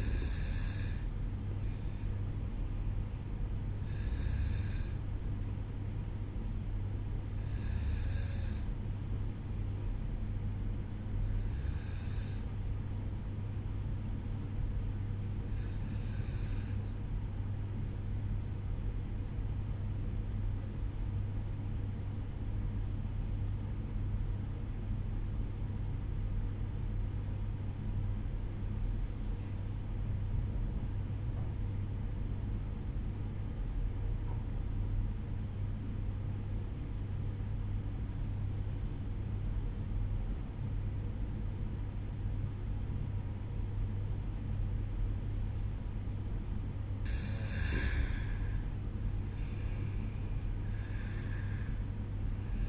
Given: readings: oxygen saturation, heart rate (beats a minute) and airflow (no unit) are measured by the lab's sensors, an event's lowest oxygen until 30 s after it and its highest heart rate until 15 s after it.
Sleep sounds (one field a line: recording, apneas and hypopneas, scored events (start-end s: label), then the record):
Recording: breathing in sleep by a smartphone at the bedside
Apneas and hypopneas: 1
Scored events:
8.00-38.00 s: new sleep stage, N2 (light sleep)
18.00-45.20 s: obstructive apnea (N2, oxygen 95% highest, then 91% lowest, heart rate 55 at the start, 60 highest)
38.00-52.69 s: new sleep stage, N1 (lightest sleep)
From the record:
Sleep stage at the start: N1 (lightest sleep)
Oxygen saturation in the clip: 92 to 95%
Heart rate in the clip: 54 to 59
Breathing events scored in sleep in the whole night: 305 in 9.6 hours asleep